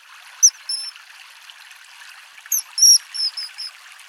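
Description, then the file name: Common kingfisher giving shrill, high whistled notes, two early and then a quick string of four or five, against a constant babble of running water. "Eisvogel"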